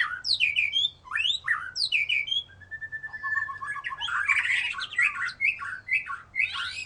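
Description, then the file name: White-rumped shama pouring out a loud, continuous song of fluty swoops, a drawn-out level whistle, and a rich tangle of chattering and rasping notes. "murai batu"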